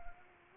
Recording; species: mosquito wingbeat signal from an infrared sensor; Anopheles arabiensis